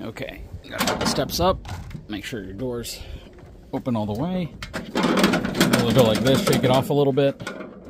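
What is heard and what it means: Someone talks while folding up the metal fold-up entry steps of a Forest River Surveyor 240BHLE RV toward their stowed latch and shaking them a little, with metallic rattling and clattering from about 5.0 to 7.3 seconds. The steps are still being handled, and nothing has seated or latched yet.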